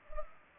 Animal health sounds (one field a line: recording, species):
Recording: mosquito wingbeat signal from an infrared sensor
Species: Culex pipiens